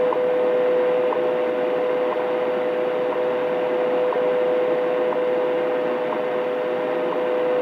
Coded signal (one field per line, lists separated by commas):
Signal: radio time signal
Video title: WWV Emerges From Shutdown